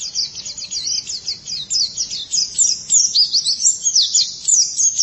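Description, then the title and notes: White-eye giving a rapid, high, jumbled warble of sliding chirps, about three notes a second, without a break. "Suara kicauan burung pleci"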